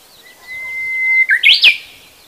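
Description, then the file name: Japanese bush warbler singing one long, even whistle that builds in volume, followed by a quick, emphatic burst of rolling, higher notes. "uguisu"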